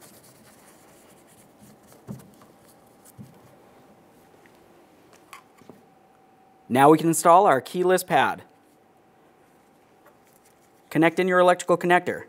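An electrical connector is handled and lined up with a door keyless entry keypad on a 2003-2011 Mercury Grand Marquis, ready to be pushed in. Faint handling taps and rubs sound over a low steady tone, and someone talks from about 6.7 to 8.4 seconds and again from 11.0 seconds to the end. Nothing has seated or clicked yet.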